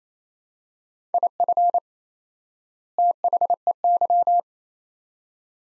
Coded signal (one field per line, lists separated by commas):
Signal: Morse code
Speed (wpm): 28 wpm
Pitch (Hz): 700 Hz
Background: none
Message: IF THEY